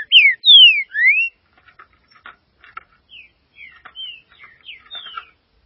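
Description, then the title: Green-winged saltator opening with three loud swooping whistles, followed by soft chips and quieter whistled fragments. "Trinca Ferro"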